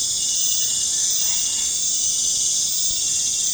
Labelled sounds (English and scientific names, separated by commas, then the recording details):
none
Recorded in pastures near Puerto Asís, Putumayo, Colombia, on 21 December 2024 at 19:00
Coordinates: 0.466, -76.322
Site G040